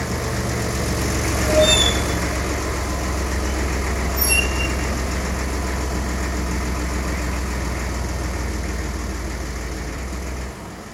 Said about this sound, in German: Der Laster fuhr um die Kurve und hielt hinter dem Peugeot.